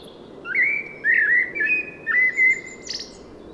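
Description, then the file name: Common blackbird producing a flowing series of soft fluted whistles that waver up and down, closing with a short high scratchy note. "Turdus merula"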